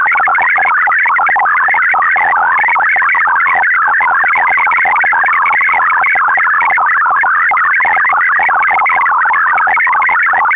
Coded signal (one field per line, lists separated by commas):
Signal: multi-tone FSK (Olivia or MFSK type)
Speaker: je hebt om de dader te ontvangen in eerste instantie alleen fl digi nodig